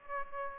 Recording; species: mosquito wingbeat signal from an infrared sensor; Aedes aegypti